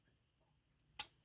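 Back leg panels of a plastic Transformers Studio Series '86 Movie Bumblebee action figure are pulled in during transformation and pressed into their body slots. A short, soft "thoop" snap sounds at 1.0 s over a quiet background. The panels are seated, held by friction rather than a true lock.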